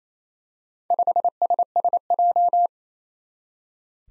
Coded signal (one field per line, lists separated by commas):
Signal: Morse code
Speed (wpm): 27 wpm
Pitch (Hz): 700 Hz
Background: none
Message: 5SSJ